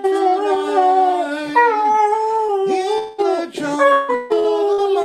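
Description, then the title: Catahoula leopard dog giving wavering, drawn-out howls that step between pitches, broken by short gaps and yelping onsets. Pet dog howling along to a song. "Catahoula Leopard Dog sings"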